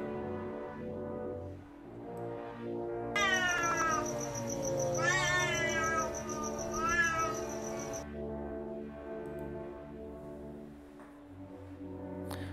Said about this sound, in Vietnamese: May thay lúc đó, từ trong bụi rậm phóng ra một con mèo. Nó kêu lên một tiếng nghe rùng rợn, mặc dù là đang giữa ban ngày.